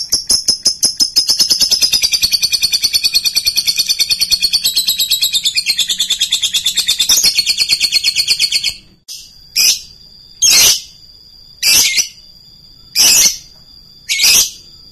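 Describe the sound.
Lovebird long continuous trill of high, rapidly repeated notes lasting about nine seconds, followed by a handful of separate shrill squawks.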